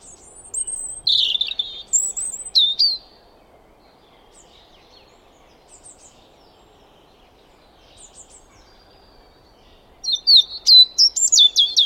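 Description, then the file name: European robin song: high, thin whistled phrases and scratchy twittering in bursts over the first three seconds, a pause with faint notes, then a fast jumbled high sequence at the end. "Erithacus rubecula"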